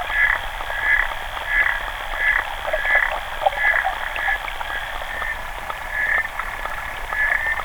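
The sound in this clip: Xenopus frog calling in a series of short buzzy clicking bursts, some weaker, over a faint steady hiss.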